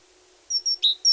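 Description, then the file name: Great tit phrase of two thin high whistles dropping to one lower whistled note, then another high note beginning, over faint background hiss. "Parus major"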